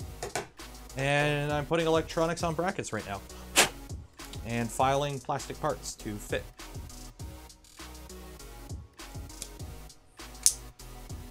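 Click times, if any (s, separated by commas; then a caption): 10.5 s. Someone talks over background music while a plastic mounting bracket for a Voron Trident 3D printer's electronics, filed to fit, is pushed home onto the printer's mounting rail. A sharp, loud click at 10.5 s marks the bracket snapping into place, fully seated.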